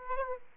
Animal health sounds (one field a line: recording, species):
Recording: mosquito wingbeat signal from an infrared sensor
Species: Aedes aegypti